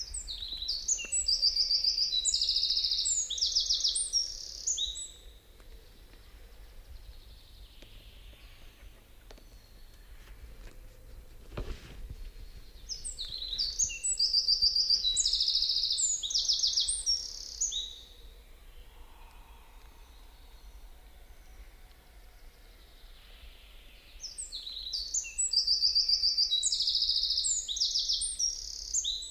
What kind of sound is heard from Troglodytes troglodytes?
song